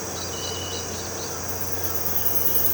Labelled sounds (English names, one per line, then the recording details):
none
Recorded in pastures near Puerto Asís, Putumayo, Colombia, on 12 March 2025 at 18:00
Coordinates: 0.466, -76.322
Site CSA-02